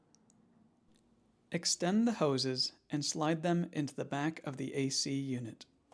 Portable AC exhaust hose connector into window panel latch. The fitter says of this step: You may need to push this latch to lock the hose into the panel completely.